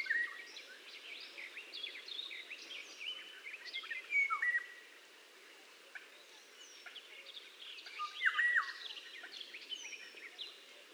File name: NELSON LORIOT